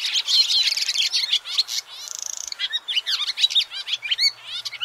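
Barn swallow song, a fast continuous twitter of high chirps and warbles with a brief dry buzzy rattle near the middle.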